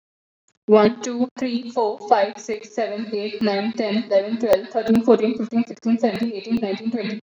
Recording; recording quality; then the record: counting at a fast pace; excellent, no background noise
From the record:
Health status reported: recovered from COVID-19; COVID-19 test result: positive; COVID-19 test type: RT-PCR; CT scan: not taken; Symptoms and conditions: none ticked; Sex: female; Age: 26 years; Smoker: no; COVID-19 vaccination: both doses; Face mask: not worn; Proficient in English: yes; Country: India